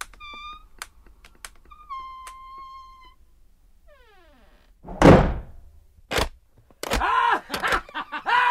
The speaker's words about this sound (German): Kaum hatte ich die Schwelle überschritten, fiel hinter mir plötzlich die Tür ins Schloss.